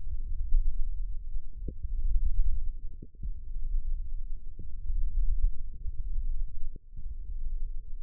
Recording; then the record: forearm muscle sounds (acoustic myography)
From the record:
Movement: hand opening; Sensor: system 1, eight BSWA MPA416 microphones around the upper forearm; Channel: 3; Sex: male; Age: 18 years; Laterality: right